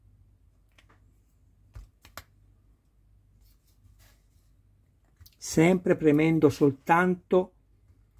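A front body section of a 1:8 scale Hachette Tumbler Batmobile model car, a plastic/metal part from the first issue, is being positioned over its locating pins, with pressure applied only where the pins are. Faint taps and light handling ticks occur, the sharpest near 2.2 s, and someone talks from about 5.3 s. Nothing has seated or clicked yet.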